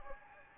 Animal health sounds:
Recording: mosquito wingbeat signal from an infrared sensor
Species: Anopheles gambiae

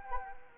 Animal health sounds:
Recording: mosquito wingbeat signal from an infrared sensor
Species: Anopheles arabiensis

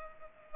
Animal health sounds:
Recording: mosquito wingbeat signal from an infrared sensor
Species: Culex pipiens

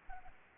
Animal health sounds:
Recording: mosquito wingbeat signal from an infrared sensor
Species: Anopheles arabiensis

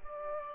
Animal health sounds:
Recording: mosquito wingbeat signal from an infrared sensor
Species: Aedes aegypti

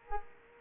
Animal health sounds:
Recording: mosquito wingbeat signal from an infrared sensor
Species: Culex quinquefasciatus

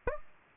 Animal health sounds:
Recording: mosquito wingbeat signal from an infrared sensor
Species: Anopheles gambiae

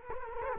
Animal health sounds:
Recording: mosquito wingbeat signal from an infrared sensor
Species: Culex quinquefasciatus

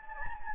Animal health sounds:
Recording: mosquito wingbeat signal from an infrared sensor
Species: Anopheles gambiae

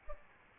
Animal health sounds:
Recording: mosquito wingbeat signal from an infrared sensor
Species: Aedes albopictus

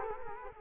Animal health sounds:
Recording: mosquito wingbeat signal from an infrared sensor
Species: Culex quinquefasciatus

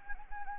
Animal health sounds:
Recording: mosquito wingbeat signal from an infrared sensor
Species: Anopheles gambiae

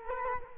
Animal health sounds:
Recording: mosquito wingbeat signal from an infrared sensor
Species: Culex quinquefasciatus

